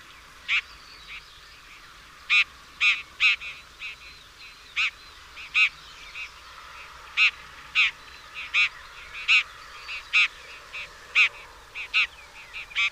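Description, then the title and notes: Bird calls, short stacked harmonic notes spaced unevenly, often paired or in small runs, with quieter notes between them and steady hiss behind. Chirping bird song meant for training pet birds. "Suara Burung. Suara Kicauan Burung untuk memaster burung kesayangan"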